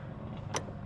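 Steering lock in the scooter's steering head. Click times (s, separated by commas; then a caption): 0.6 s. On a CFMoto Aura 150 scooter with the engine fully off, the handlebar is tilted to the left and the steering lock in the steering head engages. A single sharp click is heard at 0.6 s over a low background hum. The steering lock is confirmed locked.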